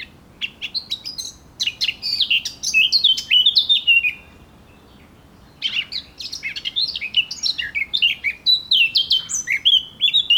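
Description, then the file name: Eurasian blackcap giving lively, tumbling warbles of mixed chirps and whistles in two long phrases, the second running nearly continuously to the end. "Sylvia atricapilla"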